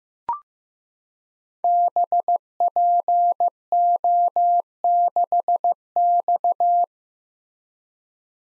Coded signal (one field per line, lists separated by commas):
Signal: Morse code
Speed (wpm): 15 wpm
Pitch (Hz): 700 Hz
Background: none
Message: BPO6X